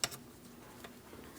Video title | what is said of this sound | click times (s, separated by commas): How to Replace Throttle Body 2015-2025 Ford Transit 250 | After an audible click, we'll just make sure it's secured. | 0.0 s